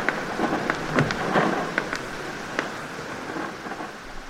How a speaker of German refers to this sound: Juli 1915. Stürme rütteln an dem Schiff. Kapitän Frank Worsley ist gerade bei Ernest Shackleton in der Kabine, als die Endurance bebt und das Eis knirscht.